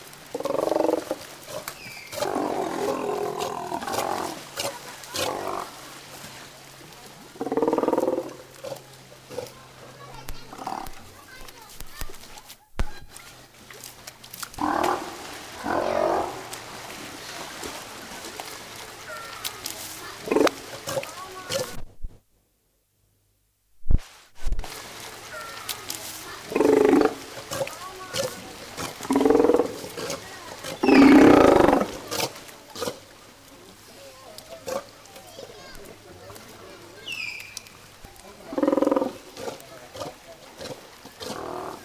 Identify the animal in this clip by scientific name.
Otaria flavescens